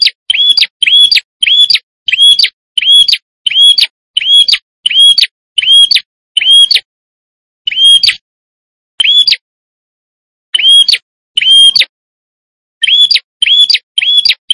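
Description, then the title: Tailorbird giving rapid bursts of bright, ringing chirps with a buzzy tail, fast runs broken by short gaps, and no other sounds. Male calling loudly in full voice, a style called 'gacor nembak'. "Suara Prenjak Kepala Merah Jantan Gacor Nembak"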